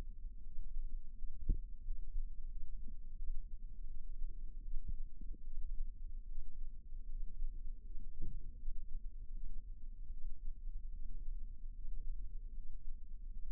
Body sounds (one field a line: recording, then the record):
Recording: forearm muscle sounds (acoustic myography)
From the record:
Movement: rest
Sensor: system 2, bracelet of six BSWA MPA416 microphones around the upper forearm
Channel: 4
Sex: female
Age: 23 years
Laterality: right